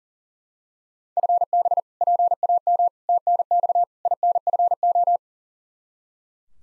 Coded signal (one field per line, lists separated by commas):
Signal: Morse code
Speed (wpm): 37 wpm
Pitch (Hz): 700 Hz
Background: none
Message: FB PAM TNX INFO